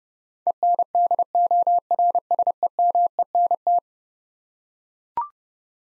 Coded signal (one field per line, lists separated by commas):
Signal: Morse code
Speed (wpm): 29 wpm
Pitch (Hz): 700 Hz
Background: none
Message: ENDORSEMENT